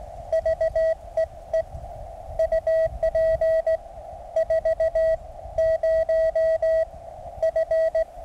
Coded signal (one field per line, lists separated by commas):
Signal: Morse code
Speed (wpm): 18 wpm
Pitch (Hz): 650 Hz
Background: radio noise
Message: VEE UP 40 F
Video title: Ultimate QRP ~ Mountain Topper MTR 3B Radio ~ Resonant Antenna ~ 9 Volts